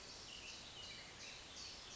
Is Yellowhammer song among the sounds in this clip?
no